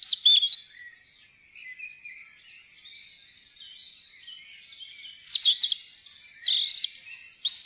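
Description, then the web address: European robin singing: a bright opening flourish, soft, thin, wavering high notes, then a run of quick, varied twittering phrases with sharp whistles. "fuglelyder roedstrupe"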